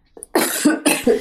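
A quick run of about three harsh, noisy coughs from an adult woman follows a faint throat catch, each burst cutting off sharply. These are ordinary dry-sounding coughs in a quiet indoor room, with no wheeze or stridor between them.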